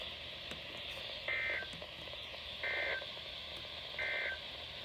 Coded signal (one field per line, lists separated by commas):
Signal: Emergency Alert System (SAME) tones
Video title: A great way to end of the month EAS# 333-342 from 10/25/20 - 10/30/20